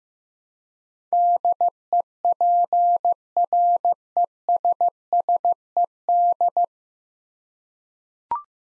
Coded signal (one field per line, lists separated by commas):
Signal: Morse code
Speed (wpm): 15 wpm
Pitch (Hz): 700 Hz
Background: none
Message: DEPRESSED